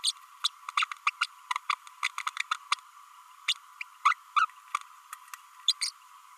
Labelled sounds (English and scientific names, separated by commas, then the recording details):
Green-rumped Parrotlet (Forpus passerinus) babbling
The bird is a female
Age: 32 days
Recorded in a nest box in Venezuela
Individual 17B32A7